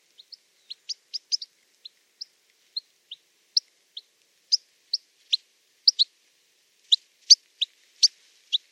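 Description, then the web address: Bird calls: short, sharp high chips and notes given singly or in quick pairs, irregularly spaced and growing louder toward the end, with no other sounds. "Deverinetal"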